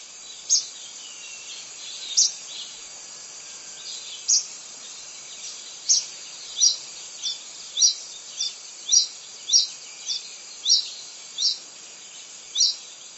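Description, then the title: Bird giving short, high, sharp chirps, repeated irregularly about once a second, some louder than others, over a faint hiss. "LuckyPassaro Completos2Sama"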